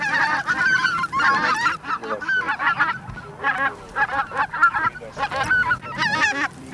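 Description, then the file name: Greater white-fronted goose flock calling, dense overlapping high yelping honks in bursts, many birds at once, barely any pause between calls. Flock chorus of many geese, intended for use in an electronic hunting caller. "Белолобый базар"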